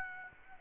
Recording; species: mosquito wingbeat signal from an infrared sensor; Aedes aegypti